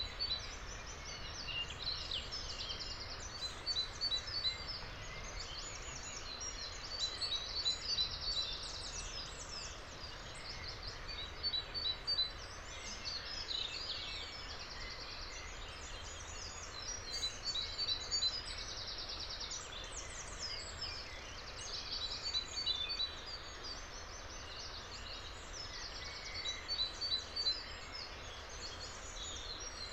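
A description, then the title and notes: Dawn birdsong rings out over a steady rush of flowing water at the bottom of a steep wooded valley. The water's hiss is constant and full, while bright chirps and trills come in clusters every few seconds from birds. Dawn birdsong in the leafy ravine. Moorland water flows in a white noise sheen along the bottom of the precipitously steep wooded valley. Up here, tied to the stout trunk of a tree, growing out of the 45 degree slope, everything within the valley is audible. In a steeply wooded ravine above Todbrook reservoir, on the Cheshire-Derbyshire border.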